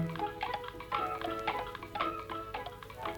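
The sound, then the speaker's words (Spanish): Steady ticking of carved wooden clocks in a shop full of them, sharp clicks landing about twice a second in an even rhythm over a soft sustained tonal hum, with no talking. “La tienda estaba llena de relojes tallados en madera.”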